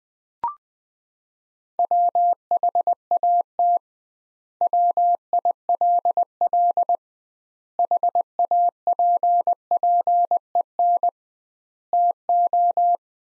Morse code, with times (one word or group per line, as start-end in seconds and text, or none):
1.8-3.8 WHAT
4.6-7.0 WILL
7.8-11.1 HAPPEN
11.9-13.0 TO